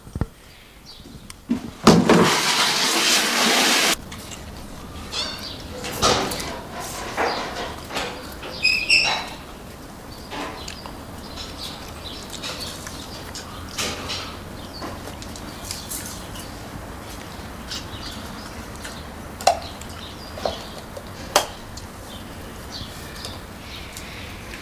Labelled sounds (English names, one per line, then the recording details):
Bonobo
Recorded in captivity
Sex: male
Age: adult
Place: Zoo Leipzig, Sachsen, DE
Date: 1992-01-11 10:30
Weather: overcast, 0°C
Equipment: Nagra SN, Mikrofon AKG CK 8, Kopie Tesla B 116
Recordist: Tembrock, Günter
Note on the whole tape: 3 adulte Männchen, diverse Laute anfangs im Innenkäfig (starker Hall!!!), dann im Außengehege